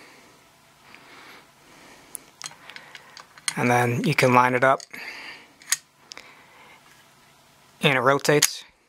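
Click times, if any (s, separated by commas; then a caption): none. Someone talks while lining up and rotating the steel rear receiver cap on a Swedish K M/45 submachine gun receiver, which locks under spring pressure so it can't spin off. Small handling ticks are heard around 2.2–3.0 s and 5.6–6.2 s. The clip ends before the cap locks, so nothing has seated or clicked yet.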